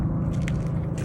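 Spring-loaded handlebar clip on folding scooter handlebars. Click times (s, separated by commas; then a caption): 0.5 s. A spring-loaded clip on the folding handlebars of a Jue Shuai 1000 watt electric scooter is pushed to the side to unlock it, giving one sharp click at 0.5 s over a steady low hum. The clip releases, unlocking the handlebars so they can fold.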